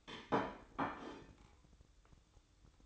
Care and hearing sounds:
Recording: daily activity, microphone in the room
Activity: place plate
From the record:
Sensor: 3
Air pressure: 1007.4 hPa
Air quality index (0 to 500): 50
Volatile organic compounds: 1 ppm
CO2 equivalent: 578 ppm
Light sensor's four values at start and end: 8/20/8/8 and 8/20/8/8

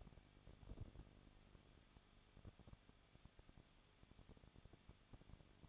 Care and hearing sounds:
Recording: daily activity, microphone in the room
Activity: no activity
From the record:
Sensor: 4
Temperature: 23.1 degrees Celsius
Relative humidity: 34.0%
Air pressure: 1007.2 hPa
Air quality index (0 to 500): 215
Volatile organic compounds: 15 ppm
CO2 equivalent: 2479 ppm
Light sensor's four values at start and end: 2/3/1/1 and 2/3/1/1

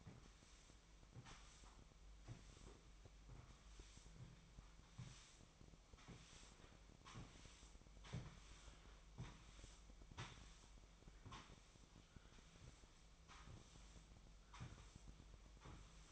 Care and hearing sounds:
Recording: daily activity, microphone in the room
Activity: sweep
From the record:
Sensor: 1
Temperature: 24.7 degrees Celsius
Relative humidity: 39.7%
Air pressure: 1001.6 hPa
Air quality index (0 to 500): 220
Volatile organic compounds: 29 ppm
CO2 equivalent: 2933 ppm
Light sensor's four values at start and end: 8/30/10/12 and 8/28/10/11

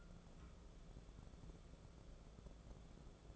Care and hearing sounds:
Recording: daily activity, microphone in the room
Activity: take from stove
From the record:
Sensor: 5

